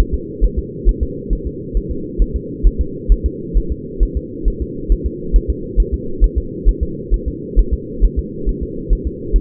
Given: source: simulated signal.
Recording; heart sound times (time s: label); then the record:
fetal heart sounds
0.00 s: S1
0.14 s: S2
0.44 s: S1
0.59 s: S2
0.89 s: S1
1.03 s: S2
1.33 s: S1
1.47 s: S2
1.77 s: S1
1.91 s: S2
2.22 s: S1
2.36 s: S2
2.67 s: S1
2.81 s: S2
3.12 s: S1
3.26 s: S2
3.58 s: S1
3.72 s: S2
4.03 s: S1
4.17 s: S2
4.48 s: S1
4.62 s: S2
4.92 s: S1
5.06 s: S2
5.36 s: S1
5.50 s: S2
5.80 s: S1
5.94 s: S2
6.24 s: S1
6.38 s: S2
6.69 s: S1
6.83 s: S2
7.14 s: S1
7.28 s: S2
7.59 s: S1
7.74 s: S2
8.05 s: S1
8.19 s: S2
8.49 s: S1
8.63 s: S2
8.93 s: S1
9.07 s: S2
9.36 s: S1
From the record:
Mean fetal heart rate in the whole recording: 135 bpm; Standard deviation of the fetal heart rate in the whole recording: 3 bpm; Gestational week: 36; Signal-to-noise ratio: -4.3 dB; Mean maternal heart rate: 72 bpm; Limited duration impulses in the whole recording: absent